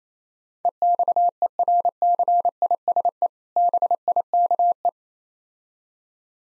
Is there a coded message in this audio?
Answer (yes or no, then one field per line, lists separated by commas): yes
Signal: Morse code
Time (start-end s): 0.7-4.9 s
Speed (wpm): 28 wpm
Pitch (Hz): 700 Hz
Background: none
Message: EXERCISE BIKE